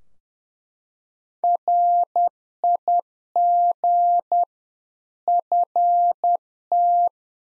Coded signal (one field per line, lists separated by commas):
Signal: Morse code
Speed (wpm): 10 wpm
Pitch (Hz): 700 Hz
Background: none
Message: RIG FT